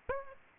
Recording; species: mosquito wingbeat signal from an infrared sensor; Aedes aegypti